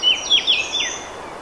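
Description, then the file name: Eurasian blackcap producing a few loud, clear whistled notes, each sliding downward, in quick succession. "Sylvia atricapilla"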